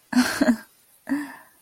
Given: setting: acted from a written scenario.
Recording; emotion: vocal sound without words; serenity